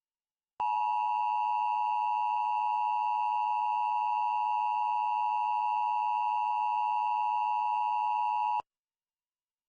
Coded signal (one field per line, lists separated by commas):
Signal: Emergency Alert System (SAME) tones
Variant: 853 and 960 Hz attention tone